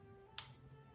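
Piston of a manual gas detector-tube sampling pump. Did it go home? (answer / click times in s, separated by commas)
yes / 0.4 s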